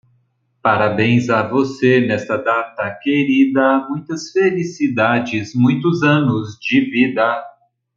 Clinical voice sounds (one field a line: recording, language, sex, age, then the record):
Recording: short text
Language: Brazilian Portuguese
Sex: male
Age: 40 to 49 years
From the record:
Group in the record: control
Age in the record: 49 years